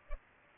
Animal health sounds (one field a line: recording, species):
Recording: mosquito wingbeat signal from an infrared sensor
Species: Culex pipiens